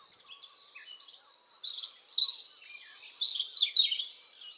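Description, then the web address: European robin: high songbird warble, faint at the start, then louder tumbling notes and twitters. "SETE data Erithacus rubecula"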